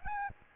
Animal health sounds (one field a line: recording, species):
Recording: mosquito wingbeat signal from an infrared sensor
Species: Aedes albopictus